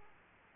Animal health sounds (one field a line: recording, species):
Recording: mosquito wingbeat signal from an infrared sensor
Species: Aedes aegypti